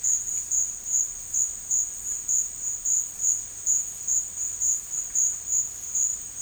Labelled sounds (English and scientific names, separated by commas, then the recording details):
none
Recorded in dense forest near Puerto Asís, Putumayo, Colombia, on 13 March 2025 at 13:00
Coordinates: 0.484, -76.317
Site G064